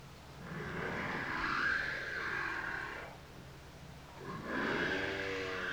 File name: bowheadwhale